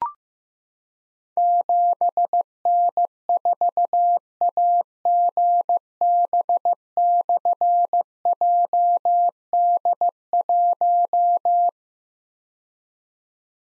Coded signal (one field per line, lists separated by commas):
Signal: Morse code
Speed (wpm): 15 wpm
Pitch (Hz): 700 Hz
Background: none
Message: 7N4AGB/JD1